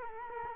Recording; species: mosquito wingbeat signal from an infrared sensor; Culex quinquefasciatus